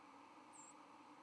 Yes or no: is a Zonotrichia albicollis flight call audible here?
no